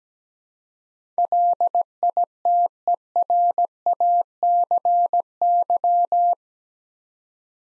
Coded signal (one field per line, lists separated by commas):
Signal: Morse code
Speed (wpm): 17 wpm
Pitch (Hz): 700 Hz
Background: none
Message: LITERACY